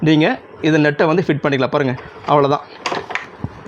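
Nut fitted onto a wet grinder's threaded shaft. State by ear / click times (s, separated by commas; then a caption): seated / 3.2 s. A drum nut is fitted onto the inner-threaded shaft of a table-top wet grinder, where it goes on easily while someone talks. Brief sharp contact sounds follow, and the nut locks into place with a click at 3.2 s.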